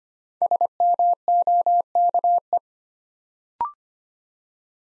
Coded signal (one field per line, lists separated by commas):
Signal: Morse code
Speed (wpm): 25 wpm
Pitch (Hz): 700 Hz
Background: none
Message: SMOKE